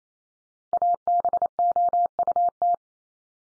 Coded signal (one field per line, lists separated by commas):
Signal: Morse code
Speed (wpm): 28 wpm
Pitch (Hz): 700 Hz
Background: none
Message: ABOUT